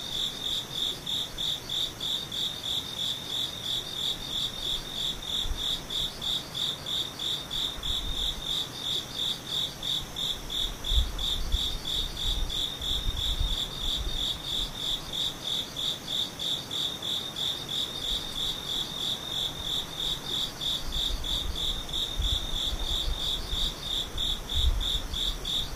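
An insect, likely a cricket, chirps in a fast, steady pulsing trill at a high, bright pitch that runs without a break for the whole stretch. Faint low rumbles and soft thumps sit underneath, with a couple of slightly louder bumps around the middle and end.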